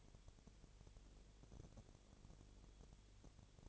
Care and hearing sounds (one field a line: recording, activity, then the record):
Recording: daily activity, microphone in the room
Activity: no activity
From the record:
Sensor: 4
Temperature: 22.7 degrees Celsius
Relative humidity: 32.0%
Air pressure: 1008.1 hPa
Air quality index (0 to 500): 114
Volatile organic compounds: 2 ppm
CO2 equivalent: 1108 ppm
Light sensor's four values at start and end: 2/3/1/1 and 2/3/1/1